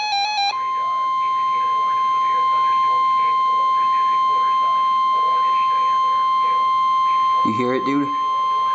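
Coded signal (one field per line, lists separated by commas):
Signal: Emergency Alert System (SAME) tones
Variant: 1050 Hz attention tone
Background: speech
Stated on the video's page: Real NOAA Weather Radio EAS alert for a severe thunderstorm warning, with talking in the background.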